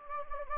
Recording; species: mosquito wingbeat signal from an infrared sensor; Anopheles gambiae